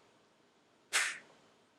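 A cap is being handled onto a small plastic blood collection bottle, to be pressed down hard with a finger until it snaps shut. Against a low, steady background, a short broadband noise burst starts at about 0.9 s and fades by about 1.3 s. Nothing has seated or clicked yet; the cap is not yet home.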